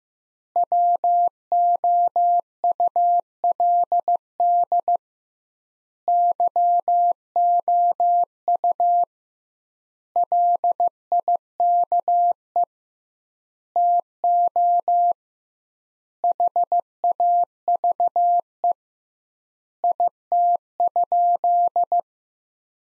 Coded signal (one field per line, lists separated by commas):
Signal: Morse code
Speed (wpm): 16 wpm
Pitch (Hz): 700 Hz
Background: none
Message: WOULD YOU LIKE TO HAVE IT?